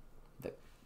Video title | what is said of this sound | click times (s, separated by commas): How to Upgrade the RAM & SSD in a Dell Latitude E7470 | and then push it straight down until you hear the the uh click the clips click | 0.5 s